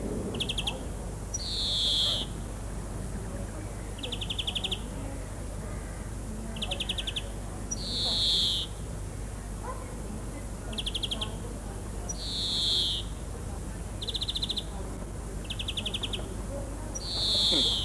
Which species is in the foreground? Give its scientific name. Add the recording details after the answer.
Chloris chloris. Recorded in the wild. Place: Lübars, Berlin, DE. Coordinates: 52.6167, 13.35. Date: 2004-06-27 20:55. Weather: overcast, 22°C. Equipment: Sony WM-D6C, Sennheiser ME 80, Kopie Uher 4000 Report Monitor. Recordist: Tembrock, Günter